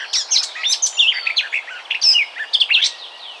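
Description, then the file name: Eurasian blackcap song: a quick, jumbled warble of bright chirps and short whistles, pouring out continuously. "Sylvia atricapilla"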